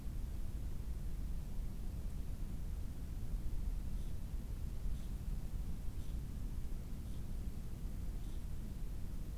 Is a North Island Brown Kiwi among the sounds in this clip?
no